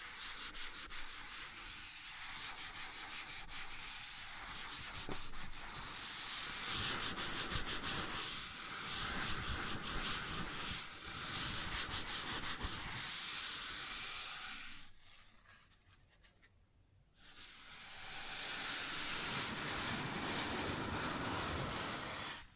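Something is rubbed or sanded across a wooden surface in a steady, dense scratching with a rough, bright texture and quick grainy strokes throughout. Around fifteen seconds the rubbing stops for about two seconds of near silence, then resumes just as steadily until the end.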